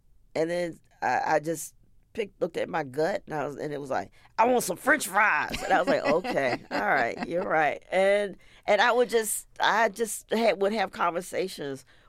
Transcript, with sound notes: And then I just looked at my gut, and it was like, I want some French fries.
(Laughter).
And I was like, OK. All right, you're right. And I would just - I just would have conversations